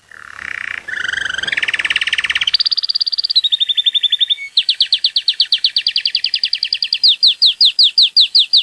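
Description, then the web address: Canary song: a varied run of buzzy rattles and sweet trills, then steady, evenly repeated high notes that change into bright chirping phrases. "canarini canarino canto"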